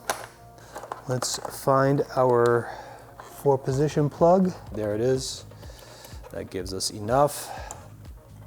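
A four-position wiring plug for a brake light modulator is handled near its mating tail light harness connector on a 2017+ Suzuki GSX-S750 motorcycle while someone talks, with a few brief handling ticks and rustles underneath. Nothing has seated or clicked yet.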